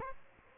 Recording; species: mosquito wingbeat signal from an infrared sensor; Aedes aegypti